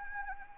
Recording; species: mosquito wingbeat signal from an infrared sensor; Anopheles arabiensis